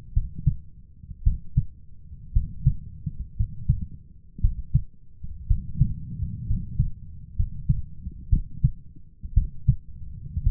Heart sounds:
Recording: heart sounds by stethoscope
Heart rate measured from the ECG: 58 bpm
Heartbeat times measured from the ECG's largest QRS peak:
0.12 s: heartbeat
1.22 s: heartbeat
2.32 s: heartbeat
3.35 s: heartbeat
4.40 s: heartbeat
5.46 s: heartbeat
6.45 s: heartbeat
7.35 s: heartbeat
8.28 s: heartbeat
9.33 s: heartbeat
10.42 s: heartbeat
From the record:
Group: healthy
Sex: male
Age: 23 years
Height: 178 cm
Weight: 96.6 kg

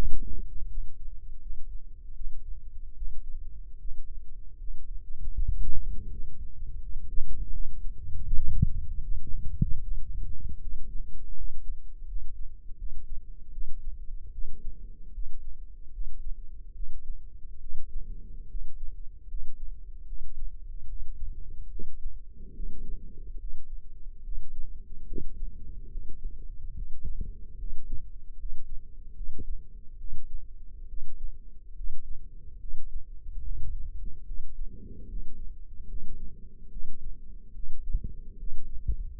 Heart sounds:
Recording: heart sounds by microphone in the left ear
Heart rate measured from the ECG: 75 bpm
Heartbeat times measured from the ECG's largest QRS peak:
0.68 s: heartbeat
1.40 s: heartbeat
2.14 s: heartbeat
2.95 s: heartbeat
3.78 s: heartbeat
4.58 s: heartbeat
5.35 s: heartbeat
6.09 s: heartbeat
6.79 s: heartbeat
7.51 s: heartbeat
8.22 s: heartbeat
9.01 s: heartbeat
9.81 s: heartbeat
10.60 s: heartbeat
11.35 s: heartbeat
12.06 s: heartbeat
12.76 s: heartbeat
13.51 s: heartbeat
14.31 s: heartbeat
15.12 s: heartbeat
15.91 s: heartbeat
16.73 s: heartbeat
17.59 s: heartbeat
18.48 s: heartbeat
19.27 s: heartbeat
20.05 s: heartbeat
20.86 s: heartbeat
21.69 s: heartbeat
22.53 s: heartbeat
23.37 s: heartbeat
24.22 s: heartbeat
25.05 s: heartbeat
25.88 s: heartbeat
26.74 s: heartbeat
27.57 s: heartbeat
28.36 s: heartbeat
29.13 s: heartbeat
29.97 s: heartbeat
30.87 s: heartbeat
31.74 s: heartbeat
32.58 s: heartbeat
33.42 s: heartbeat
34.24 s: heartbeat
35.06 s: heartbeat
35.86 s: heartbeat
36.69 s: heartbeat
37.53 s: heartbeat
38.37 s: heartbeat
39.15 s: heartbeat
From the record:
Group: healthy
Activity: rest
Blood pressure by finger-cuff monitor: 120/76 mmHg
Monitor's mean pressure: 93 mmHg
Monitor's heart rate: 74 bpm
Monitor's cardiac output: 5.8 L/min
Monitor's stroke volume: 78 mL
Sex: male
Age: 35 years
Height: 178 cm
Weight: 64 kg

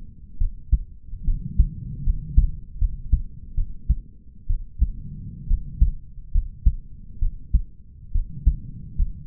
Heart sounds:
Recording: heart sounds by stethoscope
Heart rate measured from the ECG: 70 bpm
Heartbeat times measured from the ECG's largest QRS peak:
0.38 s: heartbeat
1.24 s: heartbeat
2.03 s: heartbeat
2.78 s: heartbeat
3.55 s: heartbeat
4.47 s: heartbeat
5.47 s: heartbeat
6.31 s: heartbeat
7.19 s: heartbeat
8.12 s: heartbeat
8.95 s: heartbeat
From the record:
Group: healthy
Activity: rest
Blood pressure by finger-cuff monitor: 101/79 mmHg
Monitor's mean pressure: 85 mmHg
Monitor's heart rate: 69 bpm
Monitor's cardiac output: 4.9 L/min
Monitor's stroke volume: 71 mL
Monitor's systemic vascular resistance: 1240 dyn s/cm5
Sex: male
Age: 20 years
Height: 187 cm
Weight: 68.9 kg

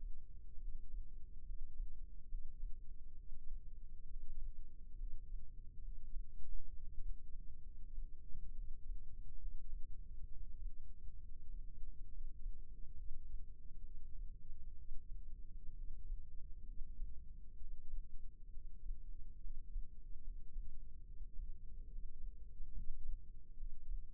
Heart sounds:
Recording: heart sounds by microphone in the left ear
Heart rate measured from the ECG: 68 bpm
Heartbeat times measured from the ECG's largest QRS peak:
0.61 s: heartbeat
1.47 s: heartbeat
2.30 s: heartbeat
3.18 s: heartbeat
4.09 s: heartbeat
4.99 s: heartbeat
5.83 s: heartbeat
6.72 s: heartbeat
7.64 s: heartbeat
8.56 s: heartbeat
9.40 s: heartbeat
10.29 s: heartbeat
11.20 s: heartbeat
12.13 s: heartbeat
12.96 s: heartbeat
13.84 s: heartbeat
14.78 s: heartbeat
15.76 s: heartbeat
16.67 s: heartbeat
17.60 s: heartbeat
18.52 s: heartbeat
19.43 s: heartbeat
20.23 s: heartbeat
21.06 s: heartbeat
21.91 s: heartbeat
22.76 s: heartbeat
23.59 s: heartbeat
From the record:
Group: healthy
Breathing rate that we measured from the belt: 16 breaths a minute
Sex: male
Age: 22 years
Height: 181 cm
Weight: 79 kg

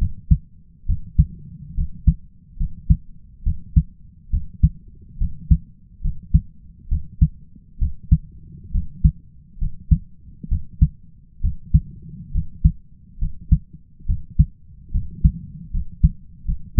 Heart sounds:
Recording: heart sounds by stethoscope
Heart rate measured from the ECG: 69 bpm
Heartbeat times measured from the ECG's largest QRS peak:
0.86 s: heartbeat
1.74 s: heartbeat
2.57 s: heartbeat
3.43 s: heartbeat
4.30 s: heartbeat
5.18 s: heartbeat
6.01 s: heartbeat
6.88 s: heartbeat
7.78 s: heartbeat
8.71 s: heartbeat
9.58 s: heartbeat
10.48 s: heartbeat
11.41 s: heartbeat
12.31 s: heartbeat
13.18 s: heartbeat
14.06 s: heartbeat
14.91 s: heartbeat
15.71 s: heartbeat
16.45 s: heartbeat
From the record:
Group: healthy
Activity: rest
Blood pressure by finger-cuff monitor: 109/68 mmHg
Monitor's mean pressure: 79 mmHg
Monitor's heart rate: 70 bpm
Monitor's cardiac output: 4.9 L/min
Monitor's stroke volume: 70 mL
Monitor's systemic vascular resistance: 1160 dyn s/cm5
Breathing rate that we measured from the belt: 18 breaths a minute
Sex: male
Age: 20 years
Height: 167 cm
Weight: 61 kg

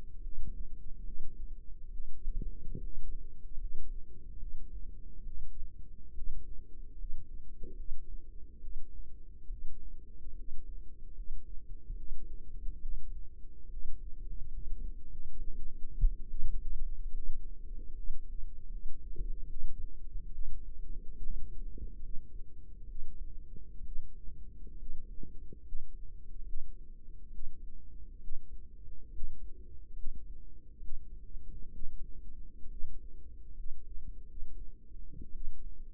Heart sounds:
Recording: heart sounds by microphone in the right ear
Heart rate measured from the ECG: 70 bpm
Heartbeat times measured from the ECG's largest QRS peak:
0.20 s: heartbeat
1.03 s: heartbeat
1.90 s: heartbeat
2.78 s: heartbeat
3.56 s: heartbeat
4.36 s: heartbeat
5.22 s: heartbeat
6.11 s: heartbeat
6.93 s: heartbeat
7.73 s: heartbeat
8.57 s: heartbeat
9.45 s: heartbeat
10.33 s: heartbeat
11.11 s: heartbeat
11.93 s: heartbeat
12.79 s: heartbeat
13.67 s: heartbeat
14.48 s: heartbeat
15.06 s: heartbeat
16.27 s: heartbeat
17.10 s: heartbeat
17.91 s: heartbeat
18.67 s: heartbeat
19.46 s: heartbeat
20.31 s: heartbeat
21.18 s: heartbeat
21.97 s: heartbeat
22.83 s: heartbeat
23.79 s: heartbeat
24.73 s: heartbeat
25.58 s: heartbeat
26.40 s: heartbeat
27.26 s: heartbeat
28.15 s: heartbeat
29.06 s: heartbeat
29.89 s: heartbeat
30.75 s: heartbeat
31.67 s: heartbeat
32.64 s: heartbeat
33.50 s: heartbeat
34.22 s: heartbeat
35.28 s: heartbeat
From the record:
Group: healthy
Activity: rest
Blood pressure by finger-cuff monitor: 141/82 mmHg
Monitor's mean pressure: 99 mmHg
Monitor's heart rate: 72 bpm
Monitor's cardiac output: 6.3 L/min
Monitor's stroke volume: 88 mL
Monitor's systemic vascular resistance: 1130 dyn s/cm5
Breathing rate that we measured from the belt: 16 breaths a minute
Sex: female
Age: 22 years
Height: 171 cm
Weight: 65.6 kg

